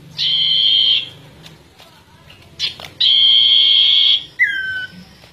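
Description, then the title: Bird song: two long, even, buzzy notes about two seconds apart, followed by a clear downward-slurred whistle, with a faint low hum behind. "Kicau Burung Yoi"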